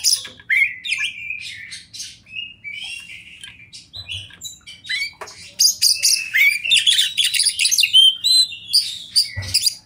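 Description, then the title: Oriental magpie-robin song of quick whistled phrases and harsh, buzzy chatter, growing denser and louder toward the end, with soft knocks heard twice. Song in the 'konslet' (short-circuit) style, presented as affecting other magpie-robins. "Kacer Konslet Bikin Kacer Lain"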